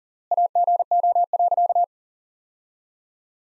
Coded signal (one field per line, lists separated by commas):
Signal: Morse code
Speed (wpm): 40 wpm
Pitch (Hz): 700 Hz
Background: none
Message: AGO.